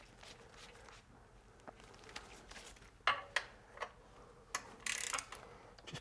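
A torque wrench set to 20 Nm tightens the first bracket bolt in the frame of a BMW R9T motorcycle, during work on the pillion subframe. Quiet ratcheting and rubbing build to a sharp click at 3.1 s, confirming the bolt has reached its torque setting. A few more short metallic ticks and clicks follow.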